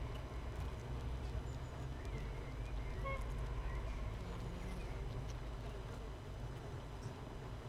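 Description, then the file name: Honey bee hive hum, a dense low drone, with a short run of faint chirps near the middle. Hive 1 with no queen, recorded 31 May 2018, apparently at 15:30. "Hive 1 31 05 2018 NO Queen Bee H 1 audio 15 30 00"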